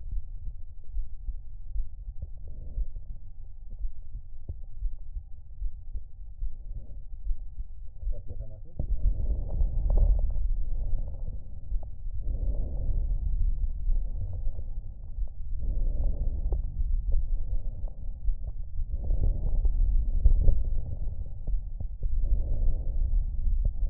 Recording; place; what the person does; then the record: lung sounds by stethoscope; right anterior apical chest; quiet breathing, then deep breathing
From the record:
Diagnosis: pulmonary infection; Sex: male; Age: 86 years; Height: 165 cm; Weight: 65 kg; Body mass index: 23.9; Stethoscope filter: extended mode